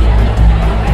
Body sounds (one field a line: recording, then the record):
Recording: background sound without coughing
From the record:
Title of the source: Party Noise 1 Hour Party Ambience